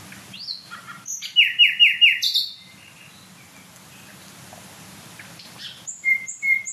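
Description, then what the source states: Common Nightingale song: varied high notes, a rapid series of loud descending notes, a quiet pause, then clear whistled notes with higher ones. Sung at night between dense woodland thickets full of deadwood; no other bird singing; the singer is called very loud, with a gurgling phrase and new motifs within the song.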